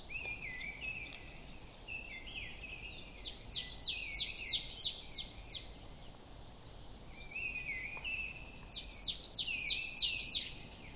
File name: Poecile palustris